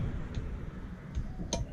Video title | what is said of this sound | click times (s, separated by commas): Engine rebuild part 15 | and here it clicked on | 1.5 s